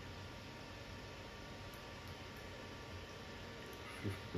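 A storage card or USB stick is pushed into the slot of an Elegoo Neptune 4 Max 3D printer for a firmware update, but it is held in the wrong orientation and does not go in. Steady background noise fills the clip, with only a brief low bump near 4.1 s. The card has not seated or clicked yet.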